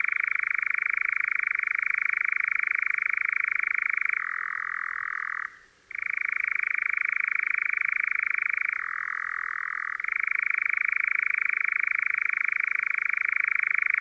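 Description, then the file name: European nightjar giving a sustained dry churr that drops to a lower pitch twice, with a brief break in the middle before the trill resumes. "lelek"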